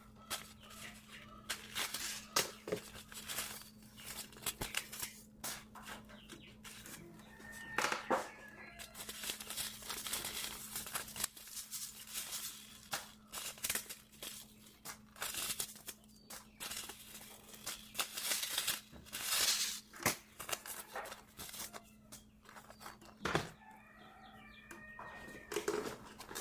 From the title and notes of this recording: Sorting Seed packets. Sorting packets of seeds.